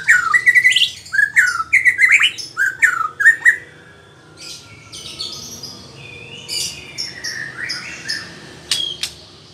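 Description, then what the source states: White-rumped shama song opening with repeated whistled slurred phrases and clicks, then fading to softer scratchy high notes and pauses. Female.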